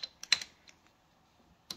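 A click-type torque wrench is moved over to the other headset (steering head) bolt on a KTM 790/890 Adventure R motorcycle and tightened. A few light metallic ticks are heard, and the wrench clicks sharply at its setting at 0.3 s, followed by another sharp tick near 1.7 s.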